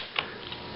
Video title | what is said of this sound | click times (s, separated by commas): Egyptian Hakim Rifle Disassembly and Reassembly | rails right here on the receiver, and push it all the way forward until it clicks. | 0.2 s